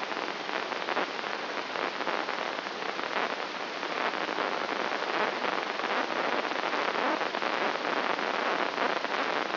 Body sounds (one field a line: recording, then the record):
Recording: brain microelectrode recording played as sound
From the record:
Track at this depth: outside the subthalamic nucleus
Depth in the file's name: 8.428 mm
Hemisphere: left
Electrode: 3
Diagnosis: Parkinson's disease